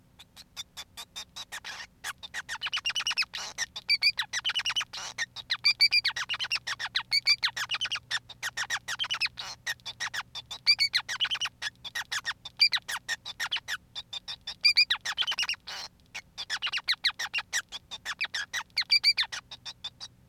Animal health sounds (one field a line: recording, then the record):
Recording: song of a male Bengalese finch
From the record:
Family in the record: son of father 5